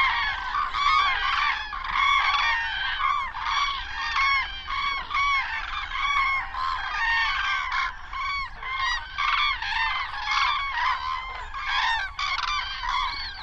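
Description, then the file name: Common cranes in a large calling flock, a steady wall of overlapping bugling, rolling honks that swell and dip throughout. "Grue cendree"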